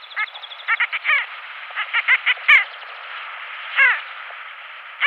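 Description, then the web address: Pin-tailed sandgrouse calls: short nasal notes in quick irregular clusters over a steady hiss. "Pin-tailed Sandgrouse"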